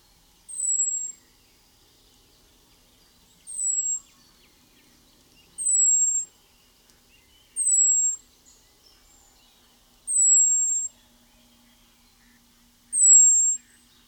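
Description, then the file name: European robin producing six high, thin, downward-slurred whistles, spaced a few seconds apart, against near silence. "Erithacus rubecula"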